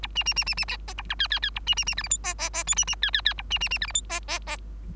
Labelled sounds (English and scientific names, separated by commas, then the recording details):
Bengalese Finch (Lonchura striata domestica) song
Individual Bird3